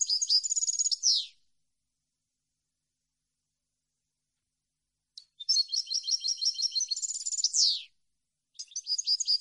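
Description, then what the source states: European goldfinch song: a high, rapid twittering phrase ending in a downward sweep, a long silence, then a longer tinkling run and another phrase starting, on a silent background. Clean song compiled on a CD, intended for birds to copy.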